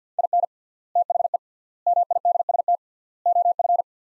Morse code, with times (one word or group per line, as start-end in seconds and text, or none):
0.2-0.4 IN
1.0-1.4 THE
1.9-2.8 MIDST
3.3-3.8 OF